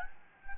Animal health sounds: mosquito wingbeat signal from an infrared sensor; Anopheles gambiae

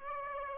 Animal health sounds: mosquito wingbeat signal from an infrared sensor; Aedes aegypti

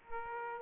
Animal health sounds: mosquito wingbeat signal from an infrared sensor; Aedes aegypti

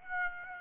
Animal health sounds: mosquito wingbeat signal from an infrared sensor; Aedes aegypti

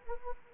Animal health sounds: mosquito wingbeat signal from an infrared sensor; Anopheles gambiae

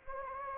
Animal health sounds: mosquito wingbeat signal from an infrared sensor; Anopheles gambiae

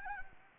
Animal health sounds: mosquito wingbeat signal from an infrared sensor; Anopheles arabiensis

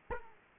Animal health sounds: mosquito wingbeat signal from an infrared sensor; Aedes aegypti

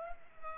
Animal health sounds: mosquito wingbeat signal from an infrared sensor; Culex pipiens

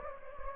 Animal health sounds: mosquito wingbeat signal from an infrared sensor; Anopheles gambiae

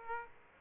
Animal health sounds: mosquito wingbeat signal from an infrared sensor; Aedes aegypti

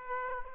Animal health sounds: mosquito wingbeat signal from an infrared sensor; Aedes aegypti

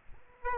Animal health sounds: mosquito wingbeat signal from an infrared sensor; Aedes aegypti

